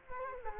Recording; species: mosquito wingbeat signal from an infrared sensor; Culex quinquefasciatus